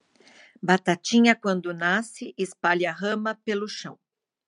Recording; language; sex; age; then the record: short text; Brazilian Portuguese; female; 60 to 69 years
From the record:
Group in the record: control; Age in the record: 61 years